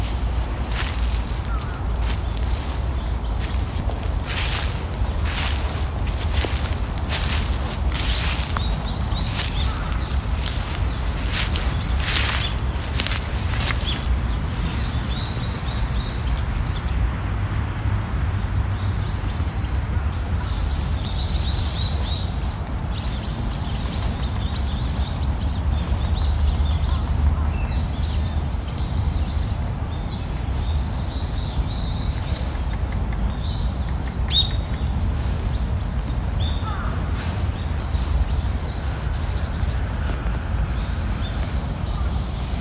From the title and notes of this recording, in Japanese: 公園の朝散歩より659鳥のこえ。朝、公園で聴こえてくる小川のせせらぎや滝のオト、小鳥のさえずりや落ち葉ふみなど。